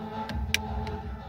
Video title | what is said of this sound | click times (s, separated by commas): Como trocar Chave de seta do corsa 97 ! | tu viu esse barulhinho esse barulhinho quando ela encaixou certinho lá | 0.5 s